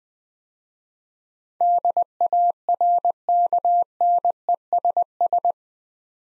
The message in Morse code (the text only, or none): DARKNESS